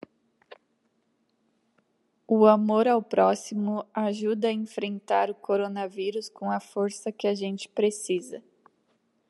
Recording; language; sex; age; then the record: spoken sentence; Brazilian Portuguese; female; 30 to 39 years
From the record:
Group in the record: control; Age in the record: 35 years